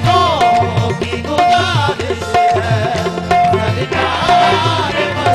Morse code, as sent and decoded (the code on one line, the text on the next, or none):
none